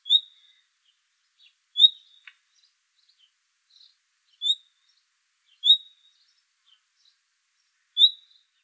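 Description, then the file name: Common nightingale calls: five short, clear whistles spaced irregularly over about eight seconds, with a faint tick or two between them. "Luscinia megarhynchos"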